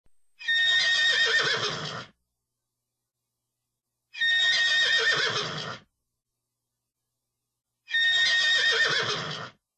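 Horse neighing, three loud, broad whinnies of about two seconds each, repeated every four seconds with silence between.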